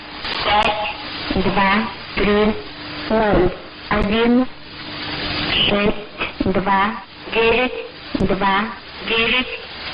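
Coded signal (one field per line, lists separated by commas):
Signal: numbers station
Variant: S06s, Russian female voice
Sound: female voice reading about ten short, evenly spaced words through radio hiss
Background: radio static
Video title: 12 09 2017 Numbers station S06s Russian Lady in Russian to Eu 1014 on 7340 unknown tx site in CUSB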